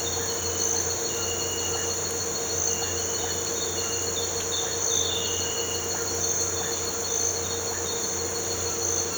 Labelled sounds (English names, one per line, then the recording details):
none
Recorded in pastures near Puerto Asís, Putumayo, Colombia, on 8 March 2025 at 06:30
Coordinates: 0.466, -76.322
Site CSA-02